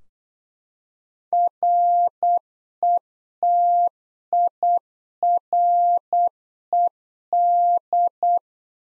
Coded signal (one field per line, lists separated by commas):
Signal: Morse code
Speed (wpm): 8 wpm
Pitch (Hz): 700 Hz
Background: none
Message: RETIRED